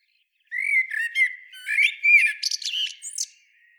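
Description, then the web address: Common blackbird singing a single phrase. Rich fluty notes wander around a low pitch, then give way to thin, scratchy high chirps. "SETE data Turdus merula"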